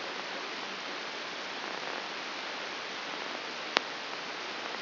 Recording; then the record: brain microelectrode recording played as sound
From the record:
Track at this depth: outside the subthalamic nucleus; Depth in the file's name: 7.06 mm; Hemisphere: left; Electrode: 2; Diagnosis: Parkinson's disease